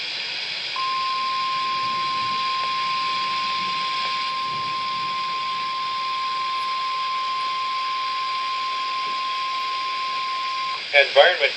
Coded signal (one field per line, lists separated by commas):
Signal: Emergency Alert System (SAME) tones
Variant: 1050 Hz attention tone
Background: speech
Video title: Severe Thunderstorm Warning (EAS #64)